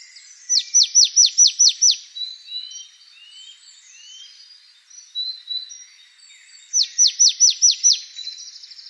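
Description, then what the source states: Marsh tit calls in two bursts of rapid, downward-sweeping high notes, separated by several seconds of soft twittering. Recorded 28 November 2013.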